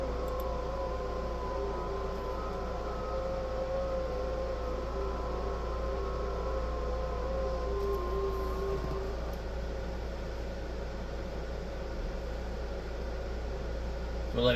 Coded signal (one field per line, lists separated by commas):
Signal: FT8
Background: speech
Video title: Setting up Jtdx ft8 software on yaesu ftdx3000 ham radio